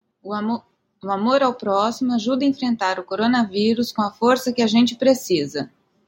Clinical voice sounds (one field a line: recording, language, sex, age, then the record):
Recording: spoken sentence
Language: Brazilian Portuguese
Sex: female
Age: 40 to 49 years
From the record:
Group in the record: control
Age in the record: 49 years